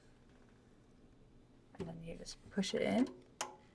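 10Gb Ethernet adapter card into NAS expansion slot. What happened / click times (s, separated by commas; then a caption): The card is being pushed in but is not yet latched / none. A Synology 10Gb Ethernet adapter card with one RJ45 port is lined up with the expansion slot opening in a Synology NAS and is being pushed in. After a quiet start, someone talks from about 1.8 s over light handling noise, with a brief sharp tap near 3.4 s. Nothing has seated or clicked yet.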